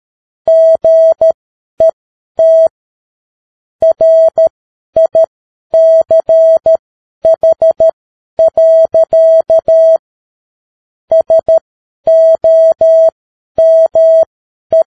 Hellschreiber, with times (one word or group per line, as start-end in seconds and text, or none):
none